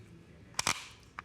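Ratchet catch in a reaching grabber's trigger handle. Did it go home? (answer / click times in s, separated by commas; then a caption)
yes / 0.6 s, 0.7 s, 1.2 s. The ratchet catch in the trigger handle of a GrabIt Ultra 40-inch plastic reaching grabber is engaged: the ratcheting-feature button is slid and the trigger squeezed so the ratchet catches and holds the jaws closed. Sharp plastic clicks sound at 0.6 s and 0.7 s, with a fainter click at 1.2 s over a quiet background. The ratchet lock seats and holds.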